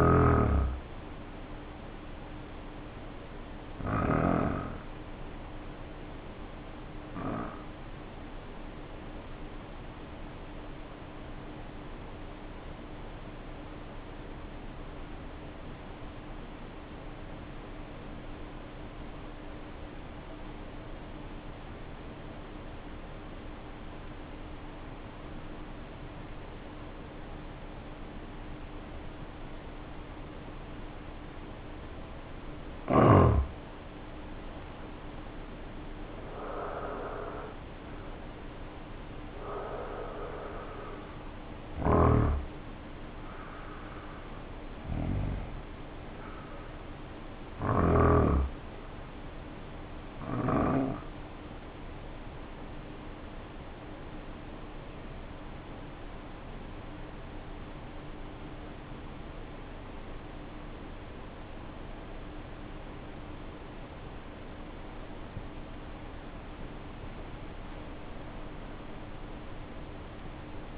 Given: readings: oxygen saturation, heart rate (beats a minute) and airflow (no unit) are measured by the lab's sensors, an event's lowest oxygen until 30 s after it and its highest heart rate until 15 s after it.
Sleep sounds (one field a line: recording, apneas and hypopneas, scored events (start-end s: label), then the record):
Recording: breathing in sleep by a voice recorder at the bedside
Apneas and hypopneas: 2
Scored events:
4.00-32.90 s: hypopnea (N1, oxygen 95% highest, then 75% lowest, heart rate 58 at the start, 74 highest)
53.00-66.40 s: hypopnea (N1, oxygen 89% highest, then 89% lowest, heart rate 51 at the start, 66 highest)
From the record:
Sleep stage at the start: N1 (lightest sleep)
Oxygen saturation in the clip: 75 to 95%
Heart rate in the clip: 51 to 74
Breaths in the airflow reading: 11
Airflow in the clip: -5.7 to 8.6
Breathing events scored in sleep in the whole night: 520 in 7.2 hours asleep